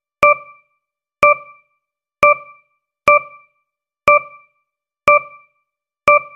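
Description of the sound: Short, even electronic beeps about once a second, a steady device alarm tone from a mechanical ventilator.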